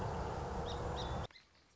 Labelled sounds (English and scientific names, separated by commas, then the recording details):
Song Sparrow (Melospiza melodia)
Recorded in Sonoma County, California